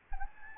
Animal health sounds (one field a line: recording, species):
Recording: mosquito wingbeat signal from an infrared sensor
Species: Anopheles gambiae